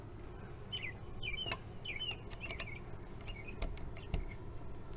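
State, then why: Not seated. A new plastic rear wiper arm cap, replacing a broken one, is handled at the rear wiper arm of a 2016 Jeep Wrangler Unlimited Sport (JKU), with birds chirping throughout. Brief sharp ticks and taps come at about 2.6, 3.6, 3.8 and 4.1 seconds. The cap has not seated or clicked onto the arm yet.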